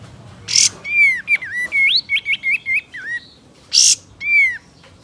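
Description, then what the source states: Sooty-headed Bulbul song: a run of short whistled notes, some rising, others dipping, with two loud harsh bursts. Male.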